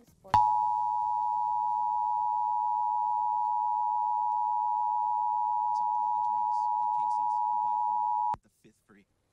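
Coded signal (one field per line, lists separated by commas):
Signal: Emergency Alert System (SAME) tones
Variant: 853 and 960 Hz attention tone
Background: speech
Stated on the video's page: Emergency alert tests recorded off air from various broadcast stations, some from long unattended recordings.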